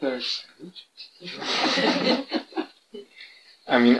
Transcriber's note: laughter